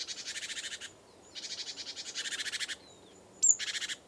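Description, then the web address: Great tit churring: three rasping, pulsed rattles, the last introduced by a thin, high note. "SETE Parus major"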